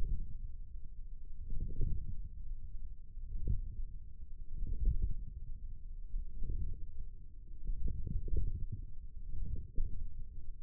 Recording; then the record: forearm muscle sounds (acoustic myography)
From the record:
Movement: wrist extension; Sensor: system 1, eight BSWA MPA416 microphones around the upper forearm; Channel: 7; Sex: male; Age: 28 years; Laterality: right